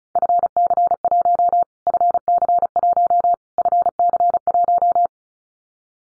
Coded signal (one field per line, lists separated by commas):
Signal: Morse code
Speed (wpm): 34 wpm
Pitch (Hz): 700 Hz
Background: none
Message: FC1 FC1 FC1